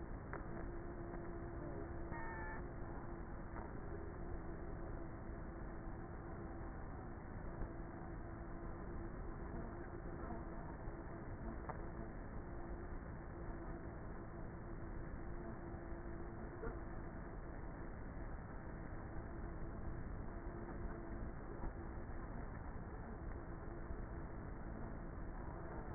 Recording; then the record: honeybee colony, microphone inside the hive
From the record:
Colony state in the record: queenless with a low population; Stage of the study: before two queens were removed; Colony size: about 30,000 bees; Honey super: no